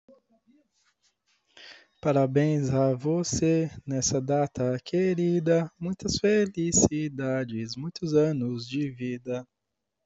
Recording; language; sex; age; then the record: short text; Brazilian Portuguese; male; 30 to 39 years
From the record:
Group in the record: control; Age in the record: 37 years